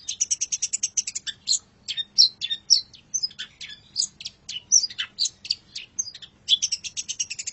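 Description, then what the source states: Long-tailed shrike song: fast, high twittering chatter with mixed clicks and short slurred notes, running almost without pause. Indonesian name cendet; labelled masteran, a tutor recording of the song.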